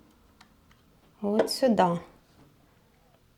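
A test strip is pushed into a blood glucose meter, giving two small ticks at 0.4 s and 0.7 s. Someone then talks. The strip is only partly in, not fully clicked into the meter, and needs to be pushed further until it clicks all the way before the meter activates.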